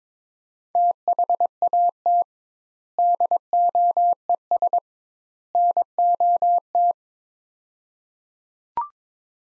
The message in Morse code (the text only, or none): THAT DOES NOT